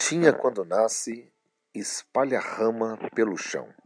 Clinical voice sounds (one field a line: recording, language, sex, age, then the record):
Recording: short text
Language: Brazilian Portuguese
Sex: male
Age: 40 to 49 years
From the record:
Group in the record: control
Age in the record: 49 years